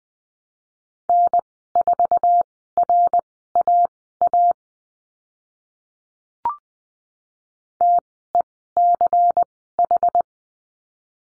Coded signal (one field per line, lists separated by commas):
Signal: Morse code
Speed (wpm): 20 wpm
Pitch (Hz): 700 Hz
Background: none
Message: N4RAA TECH